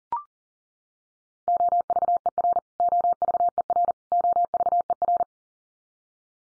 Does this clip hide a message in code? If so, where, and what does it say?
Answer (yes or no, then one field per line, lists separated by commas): yes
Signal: Morse code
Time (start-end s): 1.5-5.2 s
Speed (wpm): 38 wpm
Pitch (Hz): 700 Hz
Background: none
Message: OVER OVER OVER